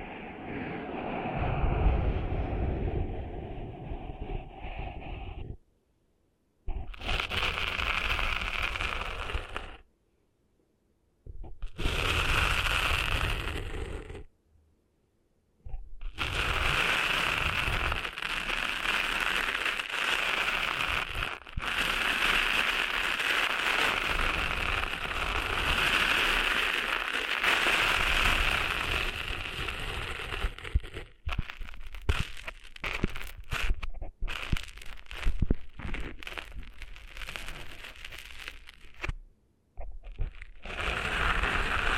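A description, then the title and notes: Cleaning sand out of ears: dense, gritty scratching and rustling that runs in long stretches, cut by sudden full silences near 6, 10, 14 and 39 seconds. The texture is bright and crackly, with little flicks and scrapes, fairly steady in loudness between breaks. ASMR Cleaning Sand Out of Your Ears (No Talking).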